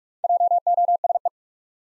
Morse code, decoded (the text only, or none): JOSE